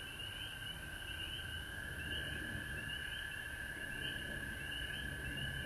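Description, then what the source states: Frog chorus of steady piping trills and repeated pulsing higher calls, dense and continuous, with low background rumble beneath. Frogs recorded at home in Georgia on March 19, 2020.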